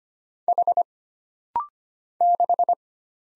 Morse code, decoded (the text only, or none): H 6